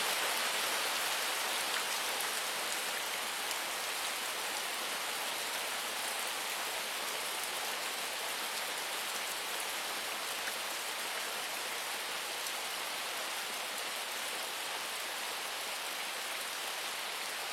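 Steady, dense rainfall in a rainforest, an even bright hiss of countless drops that holds at the same level throughout without pause.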